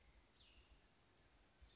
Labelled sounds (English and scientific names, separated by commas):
Cassin's Vireo (Vireo cassinii)